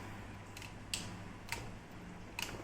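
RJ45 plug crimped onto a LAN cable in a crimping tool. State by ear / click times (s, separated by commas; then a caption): seated / 0.9 s. An RJ45 plug on a LAN cable sits in a crimping tool with its back facing up and is squeezed. A few faint ticks come first, then the tool clicks closed at 0.9 s over a steady low hum, followed by two more sharp clicks. The plug is crimped and seated.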